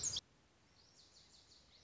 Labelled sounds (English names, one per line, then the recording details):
Lazuli Bunting
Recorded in Sonoma County, California